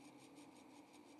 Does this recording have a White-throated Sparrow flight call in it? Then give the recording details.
no. No flight call is heard. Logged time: 09:32 on 2 December 2014